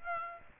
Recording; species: mosquito wingbeat signal from an infrared sensor; Aedes aegypti